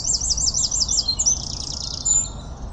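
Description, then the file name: Eurasian wren song fragment: a rapid high trill followed by a drawn-out buzzy rattle and a final thin note. "Troglodytes troglodytes"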